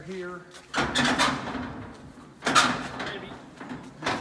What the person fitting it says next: That didn't latch it on the bottom.